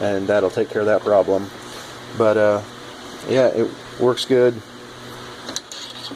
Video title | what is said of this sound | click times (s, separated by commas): Modifying my 1942 Lathe | Just pops right in. | 5.6 s